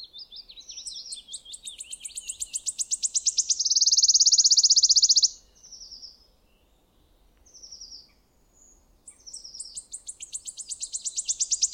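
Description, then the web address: Wood warbler giving its accelerating ticking song that merges into a long, loud, shivering trill, followed by short high notes and the start of another phrase. "geluiden fluiter zang"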